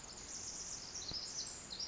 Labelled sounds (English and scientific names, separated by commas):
Pacific Wren (Troglodytes pacificus)